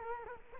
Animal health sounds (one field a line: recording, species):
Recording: mosquito wingbeat signal from an infrared sensor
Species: Culex quinquefasciatus